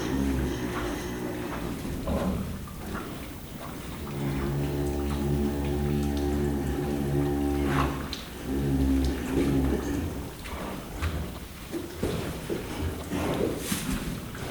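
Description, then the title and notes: Cow lowing: a long, deep droning moo with rich harmonics lasting several seconds, then a shorter second moo. Cows sleeping in a barn at night on a farm in Mühlviertel, Austria. "What do cows dream of? (Mühlviertel, Austria) - What do cows dream of? (schuettelgrat). Schlafende Kühe im Stall. Night on a farm"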